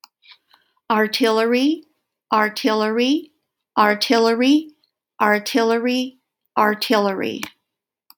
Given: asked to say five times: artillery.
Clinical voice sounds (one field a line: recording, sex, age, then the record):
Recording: repeated word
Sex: female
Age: 60 to 69 years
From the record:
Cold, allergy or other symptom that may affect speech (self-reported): no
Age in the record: 62 years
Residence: Colorado, United States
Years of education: 16